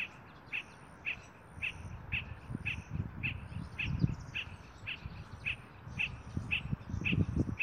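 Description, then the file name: Spot-flanked barbet calling, a steady series of short clipped notes repeated about twice a second throughout, over low rumbling background noise. "Tricholaema lacrymosa - Spot-flanked Barbet"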